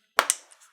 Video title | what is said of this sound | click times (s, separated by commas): Blink Doorbell Camera Installation and Overview | there we go hard to click | 0.2 s